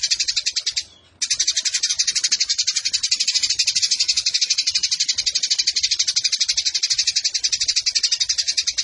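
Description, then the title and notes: Eurasian tree sparrow song: fast, high, rattling chirps running almost without pause after a short gap near the start. Fighting-style 'tarung nembak panjang' song with long shooting phrases and a clear voice, used as tutor song (masteran) for competition birds. "GEREJA TARUNG NEMBAK PANJANG SUARA JERNIH. Burung Gereja"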